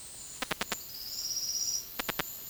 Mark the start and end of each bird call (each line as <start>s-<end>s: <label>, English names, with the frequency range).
0.87s-1.84s: Silvered Antbird (4.2-6.3 kHz)